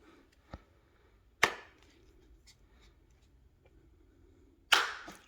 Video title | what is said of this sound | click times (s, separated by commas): Nest Cam Indoor/Outdoor Unboxing and First Impression | oh yes you can hear the set spike snap the magnet is really strong very strong | 1.4 s, 4.7 s